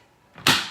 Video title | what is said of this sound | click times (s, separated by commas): Fire Cider!! Excited to make this immune booster! | You heard that? Click. Click, | 0.4 s, 0.5 s